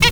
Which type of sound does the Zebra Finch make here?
stack call